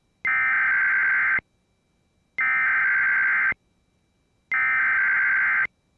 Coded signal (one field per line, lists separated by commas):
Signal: Emergency Alert System (SAME) tones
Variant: header bursts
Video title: HELLO 2022! | EAS Alerts from 1/9/2022 (EAS #912-922)